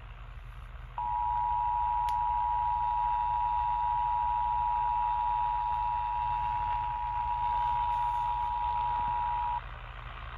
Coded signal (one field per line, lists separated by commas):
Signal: Emergency Alert System (SAME) tones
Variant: 853 and 960 Hz attention tone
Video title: Washington DC Required Monthly Test on WFED-AM